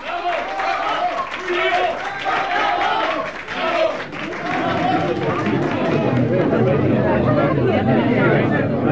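A crowd at a gala applauds steadily for several seconds, dense clapping mixed with cheering and shouting voices, holding a loud, even level throughout with no pauses.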